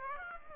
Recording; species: mosquito wingbeat signal from an infrared sensor; Aedes aegypti